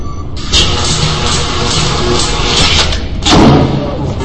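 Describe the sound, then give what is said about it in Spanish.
A door is forced open with a sustained, harsh grinding and scraping noise, broken by two loud crashing bursts, one early and a stronger one near the end. “tira esa puerta.”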